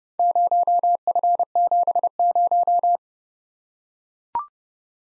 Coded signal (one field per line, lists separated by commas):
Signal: Morse code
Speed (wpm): 30 wpm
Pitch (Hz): 700 Hz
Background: none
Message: 0F70